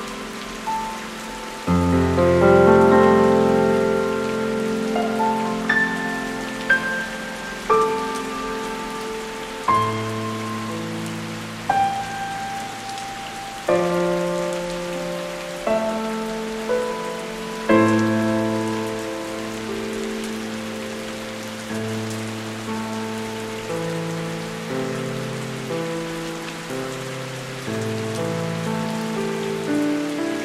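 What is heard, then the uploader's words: Soft piano music plays over a steady hiss of rain. Sustained chords change every few seconds, with a low bass note entering near two seconds and single bright notes ringing above. The rain stays even throughout, filling the gaps between chords. Relaxing music and rain featuring soft piano music.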